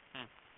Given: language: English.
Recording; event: throat vibration sensor signal played as sound; speech